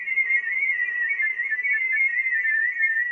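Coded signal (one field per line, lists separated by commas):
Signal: multi-tone FSK (Olivia or MFSK type)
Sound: rapid warbling stream of musical tones hopping up and down around 2 kHz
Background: faint low hum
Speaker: That is a really strong, I don't know if it's Contessa or Olivia, so don't quote me on that one.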